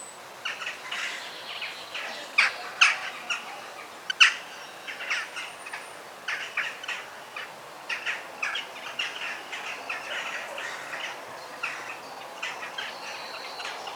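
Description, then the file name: Several birds chirp and tweet together, a dense steady stream of short notes, with a few louder sharp calls around the first four seconds. Forest birds. "ASMR Sounds of the Forest - Soothing Bird Sounds"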